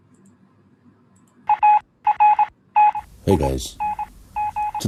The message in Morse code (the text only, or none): ARTING